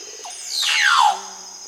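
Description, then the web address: Casqued oropendola giving one loud whistled note that slides smoothly downward from high to low, with a faint steady high hum behind it. South America. "Natures Songs S America Casqued Oropendola"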